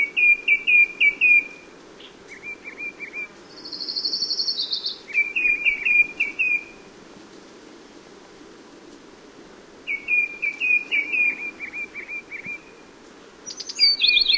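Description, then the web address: Black-crested titmouse song: bursts of several quick whistled notes, repeated in several runs, with a brief buzzy higher sound between two of them. North America. "Know Your Bird Sounds Common Western Species. Black-crested Titmouse"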